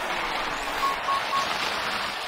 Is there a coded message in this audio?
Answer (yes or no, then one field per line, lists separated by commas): no